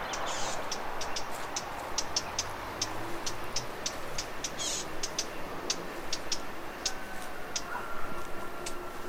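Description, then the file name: Eurasian blackcap giving hard, short clicking tack calls repeated throughout, over constant low background noise. "Sylvia atricapilla"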